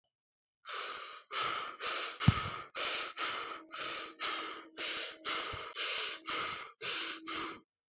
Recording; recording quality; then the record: shallow breathing; excellent, no background noise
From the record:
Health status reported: respiratory illness, not identified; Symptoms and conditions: asthma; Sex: male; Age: 27 years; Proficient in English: yes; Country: India